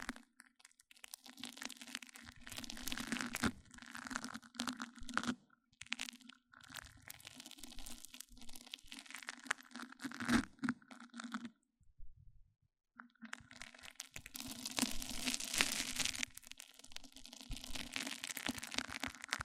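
Mic-on-mic triggers: a microphone rubbed, scratched and crinkled against another, giving dense, crunchy, crackling friction in bursts. A low steady hum runs beneath throughout. Brief silent gaps near 5.5 and 12 seconds, with the brightest, busiest scraping around 14–17 seconds.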